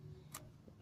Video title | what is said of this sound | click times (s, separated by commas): Briggs and Stratton Air Cleaner Assembly | and then click into place got that on and next | 0.4 s